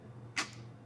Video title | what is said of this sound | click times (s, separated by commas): How to use the Pro Binocular Adapter | now you're going to want to listen for an audible click | 0.4 s